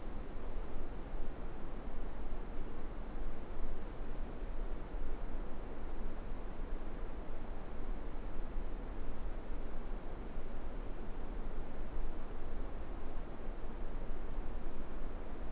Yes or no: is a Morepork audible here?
no